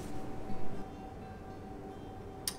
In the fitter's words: and that it snaps in the back you'll hear an audible click